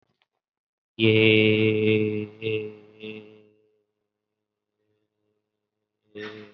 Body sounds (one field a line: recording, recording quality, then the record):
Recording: sustained vowel as in made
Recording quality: excellent, no background noise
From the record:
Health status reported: COVID-19 positive, mild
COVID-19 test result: positive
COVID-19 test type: RT-PCR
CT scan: taken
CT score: 5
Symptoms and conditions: cough, hypertension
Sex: male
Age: 38 years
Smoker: no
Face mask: not worn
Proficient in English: yes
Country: India